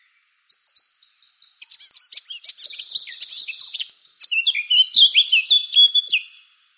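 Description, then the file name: Eurasian blackcap song, beginning as a soft, chattering subdued warble and swelling into loud, clear, fluty whistled phrases before stopping. Recorded on 24 April 2013. "24 04 2013 Moenchsgrasmuecke"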